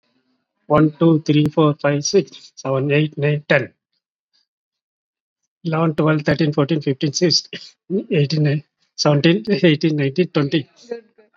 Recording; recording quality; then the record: counting at a fast pace; excellent, no background noise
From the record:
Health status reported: COVID-19 positive, mild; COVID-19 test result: positive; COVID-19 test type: RT-PCR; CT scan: taken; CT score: 17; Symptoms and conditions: cough, breathing difficulty, fatigue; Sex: male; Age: 48 years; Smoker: no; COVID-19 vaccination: one dose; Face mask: not worn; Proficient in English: yes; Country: India